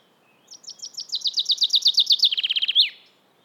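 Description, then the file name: Common chaffinch song: a brisk run of descending chip notes that grows louder, quickens into a tighter trill, and ends with a sharp terminal flourish; otherwise quiet. "Fringilla coelebs"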